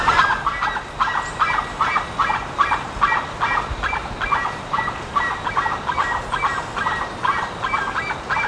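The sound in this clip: Bird giving loud, nasal, goose-like honking calls repeated rapidly in a steady series.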